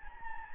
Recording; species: mosquito wingbeat signal from an infrared sensor; Anopheles gambiae